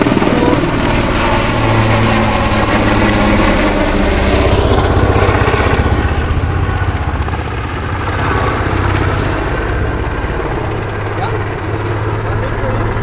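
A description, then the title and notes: A Super Puma helicopter performs aerobatics, its loud rotor and engine roar filling the whole 13 seconds with a dense, steady wash. Low rhythmic blade thumping runs underneath, while the pitch sweeps and shifts around the fifth and eighth seconds as the helicopter maneuvers. Super Puma acrobatic in Dübendorf. Two practice runs for a life-sized Super Puma military aircraft doing acrobatics (death spirals, knife edge drops, stall turns, etc).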